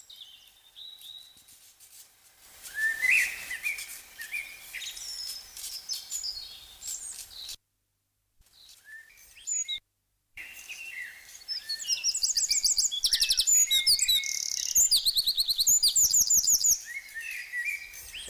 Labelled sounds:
Eurasian Wren song

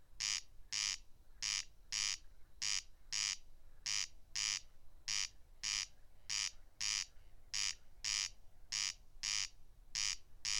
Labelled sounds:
Corn Crake song

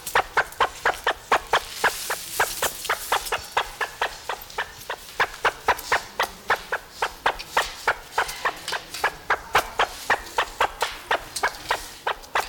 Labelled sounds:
Great Argus call

